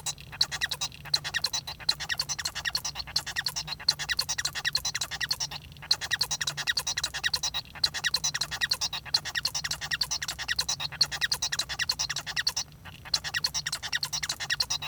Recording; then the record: song of a male Bengalese finch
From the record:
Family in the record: son of father 1